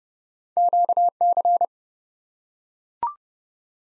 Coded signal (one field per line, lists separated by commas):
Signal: Morse code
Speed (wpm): 30 wpm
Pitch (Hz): 700 Hz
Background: none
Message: QC